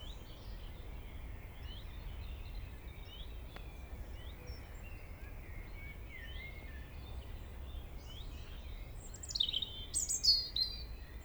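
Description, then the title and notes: European robin singing quietly, scattered high twittering notes and short trills, then a sharper burst of bright notes toward the end, with constant low noise beneath. Early evening, top of a valley in Trégastel, France, April 2019; single robin singing; recorded with ORTF stereo microphone pair, MixPre-D and Zoom H5 recorder. "Vallée des Traouiero, Trégastel, France - Robin Redbreast on the top of the valley [Valley Traouïero]. yponomeutaneko"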